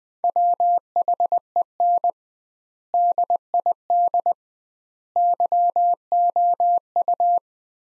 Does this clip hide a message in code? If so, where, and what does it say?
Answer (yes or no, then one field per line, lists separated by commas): yes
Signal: Morse code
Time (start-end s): 0.2-7.4 s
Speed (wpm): 20 wpm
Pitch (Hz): 700 Hz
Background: none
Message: WHEN DID YOU